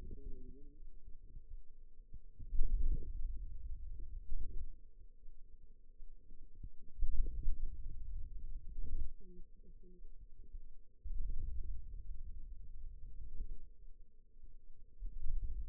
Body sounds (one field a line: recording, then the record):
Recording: forearm muscle sounds (acoustic myography)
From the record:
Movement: hand opening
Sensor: system 2, bracelet of six BSWA MPA416 microphones around the upper forearm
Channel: 3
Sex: female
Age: 21 years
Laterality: right